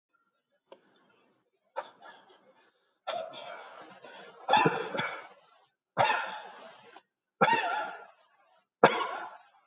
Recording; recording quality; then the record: shallow voluntary cough; excellent, no background noise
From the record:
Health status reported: healthy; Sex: male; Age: 71 years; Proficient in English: yes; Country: India